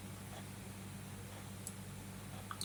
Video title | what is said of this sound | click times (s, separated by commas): Russian 2.0 (Clone) Review | that's the click and after you hear the click you just turn it a little bit more you will get to | 2.5 s, 2.6 s